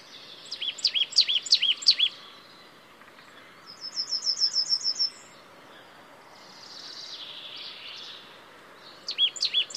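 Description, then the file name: Marsh tit calls: a burst of two-part high notes, a pause, a rapid run of thin high chips, a soft hiss, then another burst of two-part notes. "Poecile palustris"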